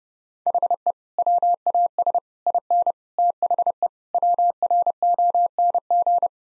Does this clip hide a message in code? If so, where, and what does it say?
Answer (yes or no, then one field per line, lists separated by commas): yes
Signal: Morse code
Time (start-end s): 0.5-6.3 s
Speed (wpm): 32 wpm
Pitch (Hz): 700 Hz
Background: none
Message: HE WAS IN THE WRONG